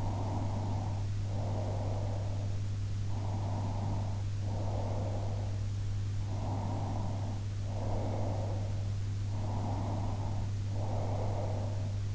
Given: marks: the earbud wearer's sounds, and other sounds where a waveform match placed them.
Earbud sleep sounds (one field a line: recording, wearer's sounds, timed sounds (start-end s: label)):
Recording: sounds in sleep by an in-ear microphone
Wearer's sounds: breath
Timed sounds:
0.00-2.37 s: breath
3.25-5.59 s: breath
6.26-8.76 s: breath
9.51-12.14 s: breath